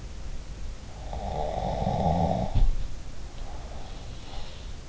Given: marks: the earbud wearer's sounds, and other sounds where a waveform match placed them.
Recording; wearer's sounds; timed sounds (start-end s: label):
sounds in sleep by an in-ear microphone; snoring breath
0.94-4.54 s: snoring breath